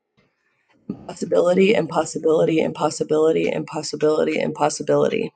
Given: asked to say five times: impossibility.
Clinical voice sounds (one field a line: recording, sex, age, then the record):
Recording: repeated word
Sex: female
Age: 20 to 29 years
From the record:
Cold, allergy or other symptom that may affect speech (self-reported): no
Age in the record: 26 years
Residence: Idaho, United States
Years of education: 16